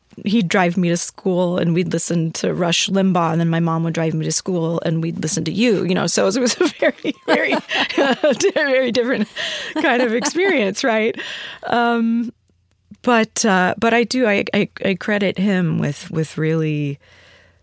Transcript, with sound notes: He'd drive me to school and we'd listen to Rush Limbaugh, and then my mom would drive me to school, and we'd listen to you, you know, so it was a very, very...
(LAUGHTER)
...Very different kind of experience, right? But I do - I credit him with really